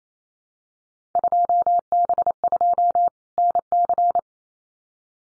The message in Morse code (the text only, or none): 2B2 NC